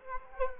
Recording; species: mosquito wingbeat signal from an infrared sensor; Culex quinquefasciatus